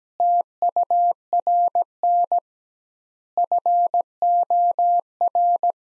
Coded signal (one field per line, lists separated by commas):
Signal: Morse code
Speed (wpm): 17 wpm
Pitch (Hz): 700 Hz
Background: none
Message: TURN FOR